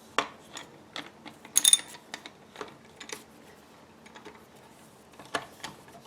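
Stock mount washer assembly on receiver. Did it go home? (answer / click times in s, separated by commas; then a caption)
no / none. Metal stock-mount parts, a washer and lock washer assembly, are worked into place on the receiver of a CSA VZ-61 Skorpion (Scorpion VZ61) that has a fixed wood stock. Sharp metallic clatters sound near 0.2 s and around 1.6–1.7 s, followed by softer scraping and tapping while the fit is checked for wiggle. Nothing has seated yet; the assembly is still loose and not seated.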